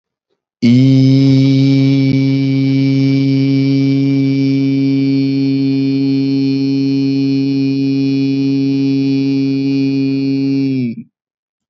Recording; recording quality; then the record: sustained vowel as in beet; excellent, no background noise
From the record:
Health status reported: healthy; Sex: male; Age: 26 years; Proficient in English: yes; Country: India